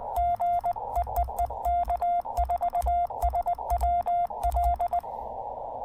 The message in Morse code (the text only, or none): GE EE K4SWL